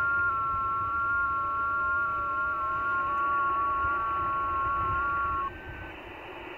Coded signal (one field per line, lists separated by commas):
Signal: FT8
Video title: 3D2CR, Conway Reef , Pacific Ocean , OC-112, 21MHz, FT8, Worked by HL2WA